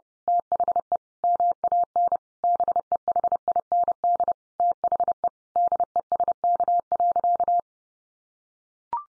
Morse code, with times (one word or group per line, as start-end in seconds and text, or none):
0.3-1.0 THE
1.2-2.2 MAN
2.4-4.3 BEHIND
4.6-5.3 THE
5.6-7.6 DESK.